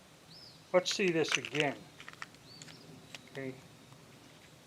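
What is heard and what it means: After a failure to fire, a magazine is handled at the grip of a Kel-Tec P-15 pistol to be reinserted, with someone talking, a few light handling ticks between 2.0 and 3.2 s, and faint high chirps in the background. The magazine has not seated or clicked yet.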